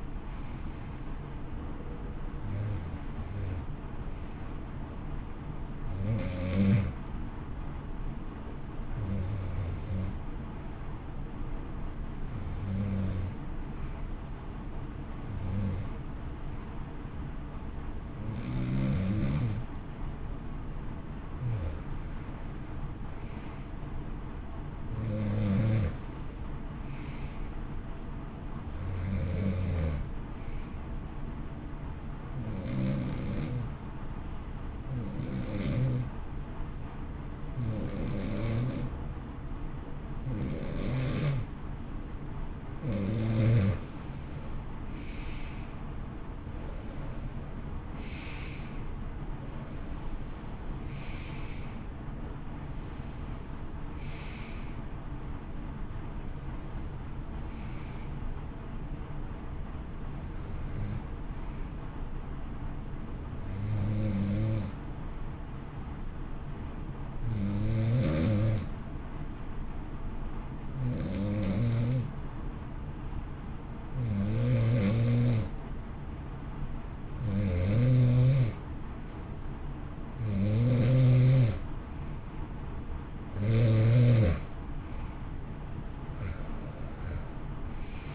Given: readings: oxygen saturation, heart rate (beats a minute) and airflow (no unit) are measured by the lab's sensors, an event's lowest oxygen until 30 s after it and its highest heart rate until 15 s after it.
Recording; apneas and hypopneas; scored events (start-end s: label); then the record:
breathing in sleep by a smartphone at the bedside; 3
3.00-23.20 s: hypopnea (N1, oxygen 92% highest, then 86% lowest, heart rate 65 at the start, 65 highest)
22.00-88.15 s: new sleep stage, N2 (light sleep)
35.00-47.00 s: hypopnea (N2, oxygen 91% highest, then 83% lowest, heart rate 63 at the start, 69 highest)
65.00-82.30 s: hypopnea (N2, oxygen 94% highest, then 88% lowest, heart rate 56 at the start, 68 highest)
From the record:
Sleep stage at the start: N1 (lightest sleep); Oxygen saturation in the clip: 83 to 94%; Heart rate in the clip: 56 to 69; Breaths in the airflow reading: 26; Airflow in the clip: -11.5 to 13.6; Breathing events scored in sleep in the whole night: 328 in 6.3 hours asleep